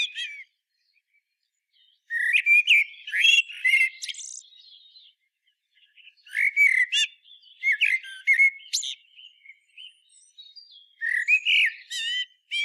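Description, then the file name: Common blackbird song: repeated bursts of melodious whistles and sharp squeaky flourishes, three long phrases with quiet gaps between. "Turdus merula"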